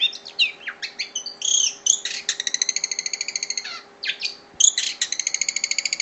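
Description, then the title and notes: Songbird song of quick chirps, slurred whistles and rapid repeated trill notes, continuous throughout, with a faint steady hum underneath. Birdsong chirping intended for tutoring pet birds to sing. "Suara Burung. Suara Kicauan Burung untuk memaster burung kesayangan"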